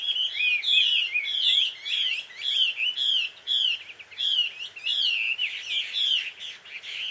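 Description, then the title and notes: Bird chattering, a steady stream of loud squeaky slurred notes in short repeated bursts throughout. Birds described as a quarrelling couple, heard at dusk; field recording made in Takao, Japan. "鳥の夫婦喧嘩 – Birds Quarrel At Dusk. Recorded in Takao Japan"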